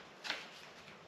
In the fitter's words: locks into place